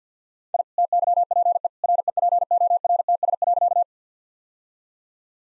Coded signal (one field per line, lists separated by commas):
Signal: Morse code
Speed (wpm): 50 wpm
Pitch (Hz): 700 Hz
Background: none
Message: I TYPE REPORTS.